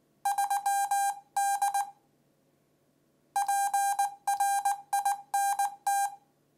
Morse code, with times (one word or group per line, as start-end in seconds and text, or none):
0.3-1.8 3D
3.4-6.1 PRINT